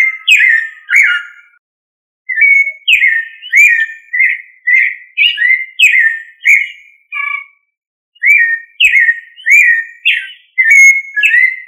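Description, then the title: Thrush singing a steady run of rich whistled phrases, repeated almost twice a second with two short gaps. "Familia Turdidae - Sabia"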